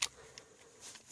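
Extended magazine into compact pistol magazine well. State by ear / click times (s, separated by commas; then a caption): seated / 0.0 s. A modified Sig Sauer P938 7-round extended magazine with a polymer base is test-fitted and pushed into the magazine well in the grip of a compact Kimber Micro 9 pistol. A sharp click at 0.0 s shows it seating and locking in place, followed by a softer tick at about 0.4 s and faint low noise.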